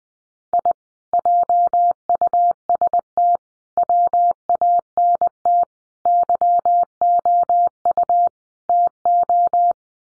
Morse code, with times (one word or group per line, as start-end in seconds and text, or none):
0.5-0.7 I
1.1-3.4 JUST
3.8-5.6 WANT
6.1-8.3 YOU
8.7-9.7 TO